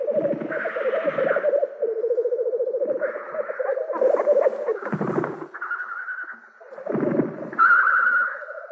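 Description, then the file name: Black grouse bubbling, rolling coos in fast pulsed runs, broken by harsh hissing sneezes and rushing wheezy notes, the dove-like bubbling resuming between the hisses. "teeri"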